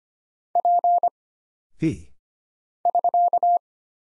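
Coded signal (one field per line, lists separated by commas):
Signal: Morse code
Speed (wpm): 25 wpm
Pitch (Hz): 700 Hz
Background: none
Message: P <SK>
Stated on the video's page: Single-character Morse drill for instant character recognition at 25 wpm: letters, numbers, punctuation and prosigns, each sent, spoken, then sent again.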